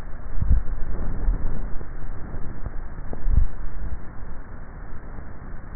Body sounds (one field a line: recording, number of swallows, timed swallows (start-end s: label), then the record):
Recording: swallowing sounds by neck microphone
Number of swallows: 2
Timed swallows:
0.28-1.07 s: swallow
3.18-3.95 s: swallow
From the record:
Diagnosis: dysphagia